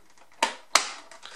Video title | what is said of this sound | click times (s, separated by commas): 1987 Defiant Space Shuttle Complex (part 3) G.I. Joe review | click into place straight, and | 0.4 s, 0.8 s